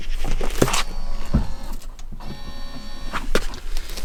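After the release button is pressed and held, the stowed metal tow bar of a Polestar 2's semi-electric tow bar drops out of its latch under the bumper. A steady hum runs through the clip, with brief sharp sounds near 0.6 and 0.7 seconds. The tow bar releases with a clunk at 3.4 seconds.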